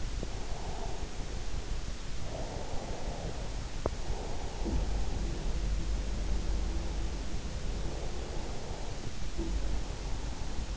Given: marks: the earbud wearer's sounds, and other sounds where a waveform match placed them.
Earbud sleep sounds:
sounds in sleep by an in-ear microphone; breath
0.00-3.84 s: breath
4.03-7.51 s: breath
4.55-9.77 s: sound from someone else or the room
7.66-10.77 s: breath

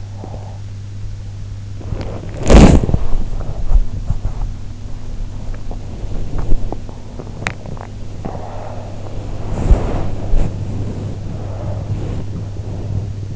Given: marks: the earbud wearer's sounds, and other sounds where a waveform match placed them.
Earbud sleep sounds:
sounds in sleep by an in-ear microphone; body movement, swallowing
0.00-13.36 s: body movement
7.03-8.20 s: swallowing

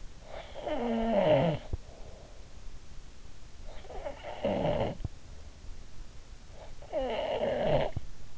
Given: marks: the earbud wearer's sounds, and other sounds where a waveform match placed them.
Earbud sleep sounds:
sounds in sleep by an in-ear microphone; snoring breath
0.16-2.53 s: snoring breath
3.60-5.55 s: snoring breath
6.59-8.38 s: snoring breath

